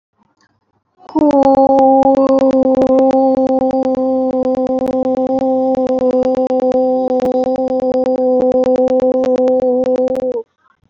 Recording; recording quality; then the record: sustained vowel as in boot; excellent, no background noise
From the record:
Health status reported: recovered from COVID-19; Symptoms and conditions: cough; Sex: female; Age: 27 years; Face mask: not worn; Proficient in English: yes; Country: India